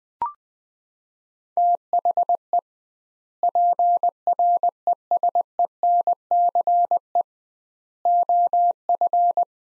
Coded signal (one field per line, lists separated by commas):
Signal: Morse code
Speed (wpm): 20 wpm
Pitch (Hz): 700 Hz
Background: none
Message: THE PRESENCE OF